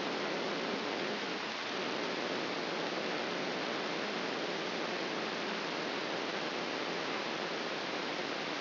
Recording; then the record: brain microelectrode recording played as sound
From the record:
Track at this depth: inside the subthalamic nucleus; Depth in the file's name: 3.625 mm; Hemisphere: left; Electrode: 3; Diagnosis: Parkinson's disease